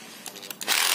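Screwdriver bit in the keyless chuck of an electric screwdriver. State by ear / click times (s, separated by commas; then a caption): not seated / none. A screwdriver bit is handled in the keyless chuck of an iBell electric screwdriver, with the front chuck held tightly while the button is pressed to tighten it. A few brief rustling and scraping bursts are heard, then a louder, steady broadband whir rises toward the end. Nothing has seated or clicked yet.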